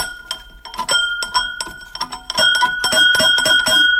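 school bell ringing

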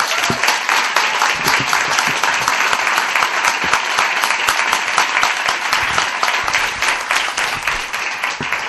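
studio audience applause

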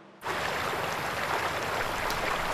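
river water flowing

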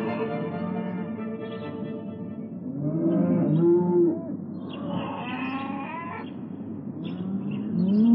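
cows mooing

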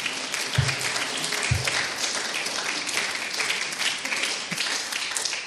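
audience applause

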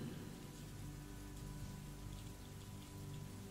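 heavy rain

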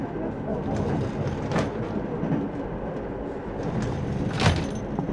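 moving train

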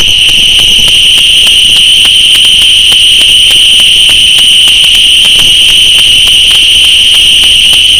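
crickets chirping

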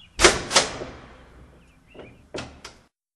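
door being opened

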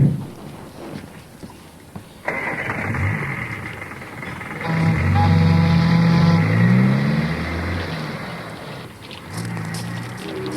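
car driving away

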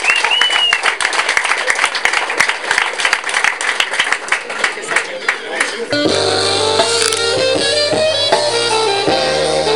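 audience applause

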